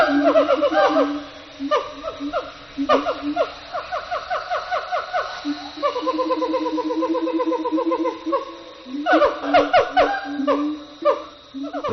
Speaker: The calls of the Siamang gibbons begin as a duet between the dominant male and female. The rest of their family soon join in, and it results in a frenzy of activity.